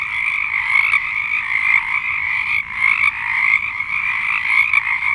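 Chorus of frogs, a thick uninterrupted mass of trilled croaks holding a steady level.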